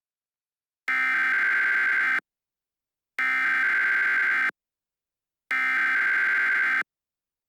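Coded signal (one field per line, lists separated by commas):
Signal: Emergency Alert System (SAME) tones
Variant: header bursts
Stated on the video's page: Fictional EAS scenario.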